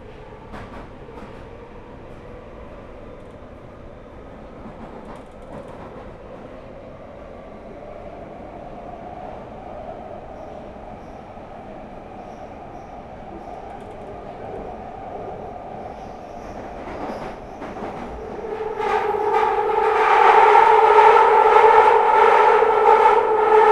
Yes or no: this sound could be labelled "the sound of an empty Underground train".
yes